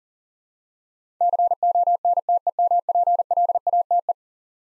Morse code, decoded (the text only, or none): CONTEMPLATE